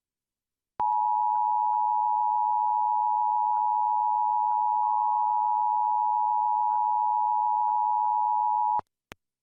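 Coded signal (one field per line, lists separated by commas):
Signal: Emergency Alert System (SAME) tones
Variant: 853 and 960 Hz attention tone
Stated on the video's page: New Jersey monthly required test relayed over broadcast stations; half the stations failed to relay and those that did relayed it with errors.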